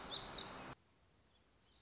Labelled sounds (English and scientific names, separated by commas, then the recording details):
Black-throated Gray Warbler (Setophaga nigrescens)
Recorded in Sonoma County, California